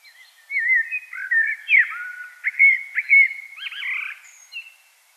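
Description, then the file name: Common blackbird song: a long, loud phrase of mellow warbled whistles running together, ending in scratchy higher twitters. "Turdus merula"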